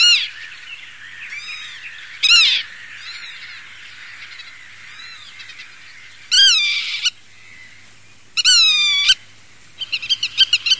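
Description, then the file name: Black-tailed godwit song: loud, ringing, rich notes that swoop up and down, in separate bursts, with a busy chorus of softer bird calls and chirps behind. "PITTIMA"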